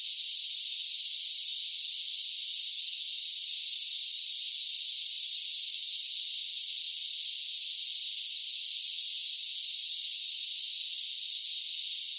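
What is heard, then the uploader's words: Night insects, likely cicadas, keep up a steady, dense, high-pitched hiss with no pauses or changes in loudness across the twelve seconds. The sound is bright and airy, with nothing low underneath and no other noises in the background. Cicadas Sounds. The soothing sounds of cicadas. The sounds of the night insects.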